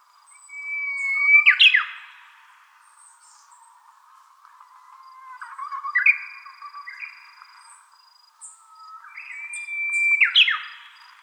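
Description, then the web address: Japanese bush warbler singing three phrases, each a long steady whistle that breaks into a quick rising, warbled flourish, spaced roughly four seconds apart in quiet surroundings. Recorded on March 4, 2016. "birdenaga uguisu"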